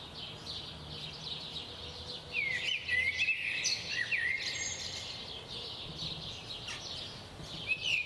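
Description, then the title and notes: Birds singing in chorus, clear whistled notes and twittering phrases among many overlapping high chirps, with a faint low hum beneath. Recorded at 4am. "Birds at 4am by Daniel Sky"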